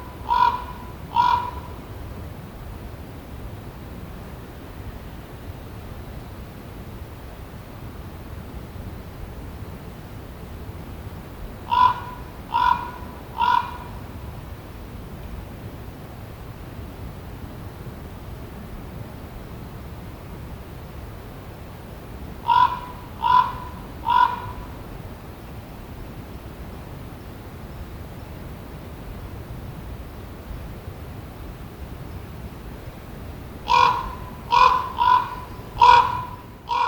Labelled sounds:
Common Raven (Corvus corax) call
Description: Common Raven call recorded in the Pine Ridge Campsite area in Rocky Mountain National Park
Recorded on 31 May 2016

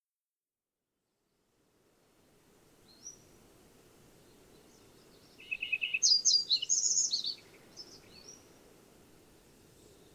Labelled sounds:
Lincoln's Sparrow (Melospiza lincolnii) song
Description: Lincoln's Sparrow song recorded from two different birds on the Cow Creek Trail in Rocky Mountain National Park
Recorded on 22 June 2015

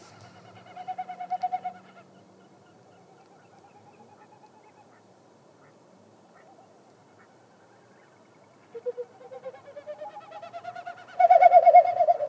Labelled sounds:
Wilson's Snipe (Gallinago delicata)
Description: It's spring in Yellowstone

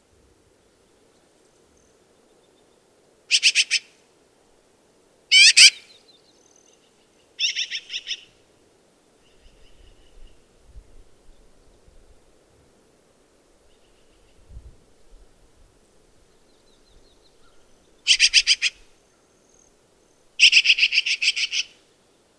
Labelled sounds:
Black-billed Magpie (Pica hudsonia) call
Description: Black-billed Magpie call recorded in Moraine Park in Rocky Mountain National Park
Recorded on 24 June 2015

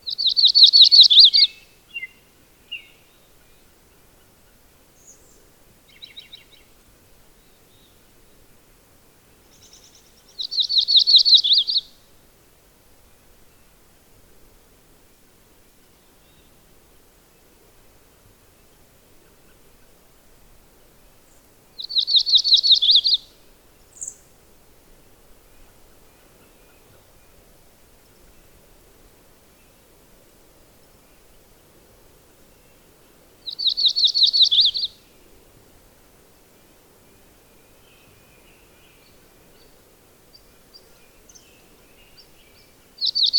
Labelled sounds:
Yellow-rumped Warbler (Setophaga coronata) song
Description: Audubon's Warbler song recorded on the Gem Lake Trail in Rocky Mountain National Park
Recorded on 22 June 2015

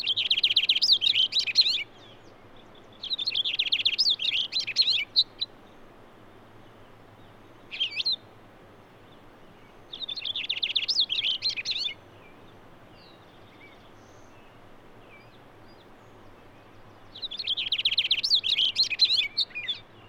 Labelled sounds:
Cassin's Finch (Haemorhous cassinii) song
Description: Cassin's Finch song recorded at Hollowell Park in Rocky Mountain National Park
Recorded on 6 June 2017

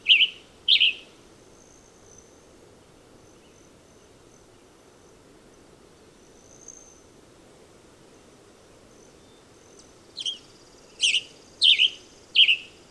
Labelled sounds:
Western Tanager (Piranga ludoviciana) song
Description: Western Tanager song recorded at Hollowell Park in Rocky Mountain National Park
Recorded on 30 June 2015

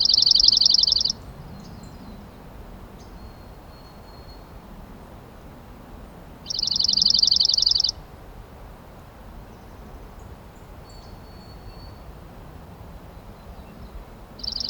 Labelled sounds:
Dark-eyed Junco (Junco hyemalis) song
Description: Dark-eyed Junco song recorded on the Black Canyon Trail in Rocky Mountain National Park
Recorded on 25 May 2016

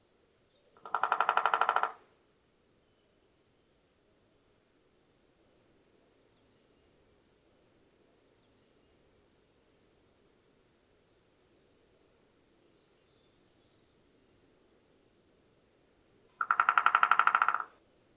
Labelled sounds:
American Three-toed Woodpecker (Picoides dorsalis) drumming
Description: American Three-toed Woodpecker drum recorded on the Emerald Lake Trail in Rocky Mountain National Park
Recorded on 29 June 2015

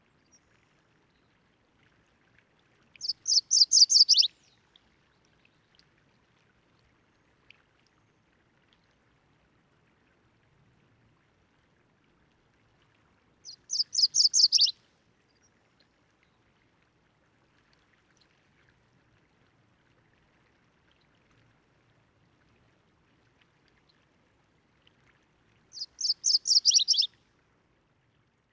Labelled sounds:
MacGillivray's Warbler (Geothlypis tolmiei) song
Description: MacGillivray's Warbler song recorded on the Cub Lake Trail in Rocky Mountain National Park
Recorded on 29 May 2017

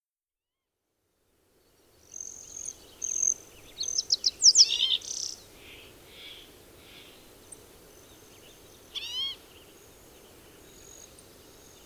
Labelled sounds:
Green-tailed Towhee (Pipilo chlorurus)
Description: Green-tailed Towhee song and call recorded at Hollowell Park in Rocky Mountain National Park
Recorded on 30 June 2015

